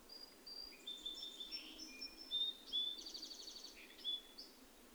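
Bird chirps, thin high whistles and short trills scattered irregularly, a few brighter notes standing out against steady background hiss.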